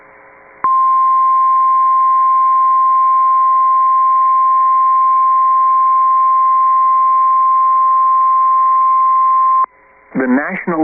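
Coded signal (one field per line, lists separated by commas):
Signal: Emergency Alert System (SAME) tones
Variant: 1050 Hz attention tone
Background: speech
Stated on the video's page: Tornado Warning for Brazoria and Galveston counties, Texas, with valid EAS tones.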